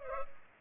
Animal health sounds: mosquito wingbeat signal from an infrared sensor; Culex pipiens

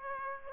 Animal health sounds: mosquito wingbeat signal from an infrared sensor; Aedes aegypti

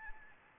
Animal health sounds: mosquito wingbeat signal from an infrared sensor; Anopheles arabiensis

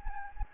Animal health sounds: mosquito wingbeat signal from an infrared sensor; Anopheles gambiae

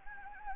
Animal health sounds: mosquito wingbeat signal from an infrared sensor; Anopheles gambiae

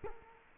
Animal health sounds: mosquito wingbeat signal from an infrared sensor; Culex quinquefasciatus

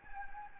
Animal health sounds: mosquito wingbeat signal from an infrared sensor; Anopheles gambiae

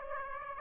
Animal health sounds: mosquito wingbeat signal from an infrared sensor; Aedes aegypti

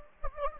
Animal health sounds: mosquito wingbeat signal from an infrared sensor; Anopheles gambiae

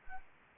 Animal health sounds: mosquito wingbeat signal from an infrared sensor; Anopheles arabiensis

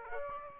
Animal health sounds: mosquito wingbeat signal from an infrared sensor; Aedes aegypti

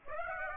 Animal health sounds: mosquito wingbeat signal from an infrared sensor; Aedes aegypti

